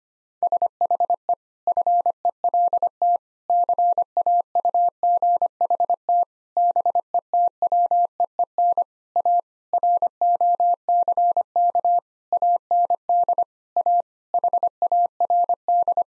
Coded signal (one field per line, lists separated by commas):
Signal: Morse code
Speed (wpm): 25 wpm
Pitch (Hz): 700 Hz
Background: none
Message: SHE FELT CAUGHT BETWEEN A ROCK AND A HARD